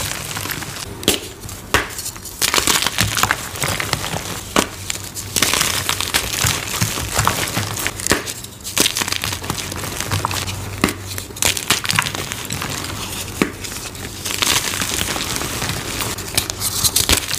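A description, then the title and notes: Soft, crispy crunches of dyed gym chalk come in quick, dense bursts with brief pauses near 2, 8 and 14 seconds. The sound is bright, with powdery crinkling textures and a faint low hum underneath. Bon Ami Dipped Dyed Gym Chalk ASMR Edits Compilation + 2X SPEED VERSION. Soft crispy powdery crunches of dyed gym chalk asmr and oddly satisfying sounds.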